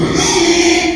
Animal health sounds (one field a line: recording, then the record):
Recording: squeal of a Yucatan mini pig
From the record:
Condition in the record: after surgery on the right vocal fold (resection and tissue-engineered implant)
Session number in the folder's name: 2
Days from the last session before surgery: 13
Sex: male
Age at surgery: 12 weeks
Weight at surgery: 13 kg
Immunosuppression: cyclosporine, prednisolone